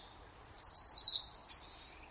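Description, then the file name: European robin giving one short high phrase of rapid tinkling notes, lasting about a second. "Erithacus rubecula"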